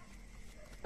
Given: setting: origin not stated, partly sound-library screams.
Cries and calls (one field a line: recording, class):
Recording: one-second piece from a danger detection set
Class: normal situation